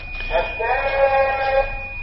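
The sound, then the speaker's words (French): A telephone rings with a buzzy, warbling electronic tone that lasts just over a second, moderately loud. A faint steady high whine hums underneath throughout. “Non, le téléphone là-bas.”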